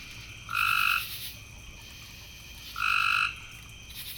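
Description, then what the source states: Frog giving two clear, tonal, half-second notes about two seconds apart, with a faint high hissing buzz in the background. Frogs calling in the evening.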